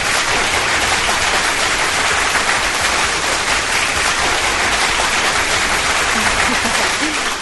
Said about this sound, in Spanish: Ah, muy buena, Carlitos. Aplausos.